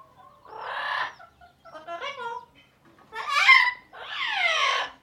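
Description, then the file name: Parrot talking in a series of harsh, speech-like squawks and babbled syllables, with short pauses between phrases and a raspy, falling final call. "animals bird parrot talking"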